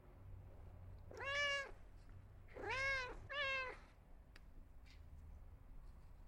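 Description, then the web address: Cat meows: one single cry, then a pair of meows close together, each clear and tonal with a slight falling tail. A cat requesting attention. "il suono di un gatto che richiede attenzione"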